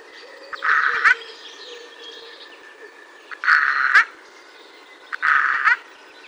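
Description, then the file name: Eurasian jay delivering three raspy screeches with irregular spacing, over a faint background of other birds. "Garrulus glandarius"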